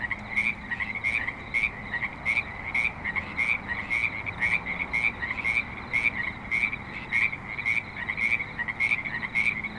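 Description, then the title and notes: Frog chorus of high, ringing pulsed calls repeated in a steady series over a low rumble of traffic. At a creek in Spanish Springs, Nevada, with light traffic and other suburban sounds. "Frogs in Spanish Springs, NV - creek view. Frogs with light traffic and other suburban sounds"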